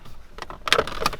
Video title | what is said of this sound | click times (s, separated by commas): How To Replace Holden Commodore Indicator Stalk - Issue Problem | all clicks into place. | 0.7 s